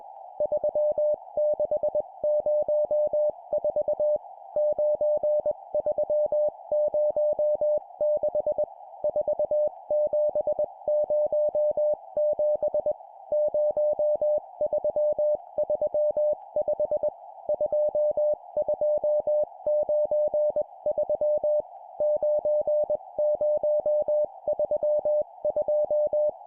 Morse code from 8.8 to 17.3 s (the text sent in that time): 4707 0335